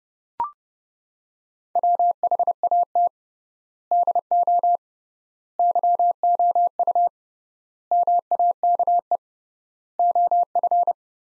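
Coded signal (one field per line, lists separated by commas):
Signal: Morse code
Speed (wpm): 29 wpm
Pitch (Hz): 700 Hz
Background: none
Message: WHAT DO YOU MAKE OF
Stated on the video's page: Morse code practice at 30 wpm of sentences from the top 100 words, with 3x word spacing.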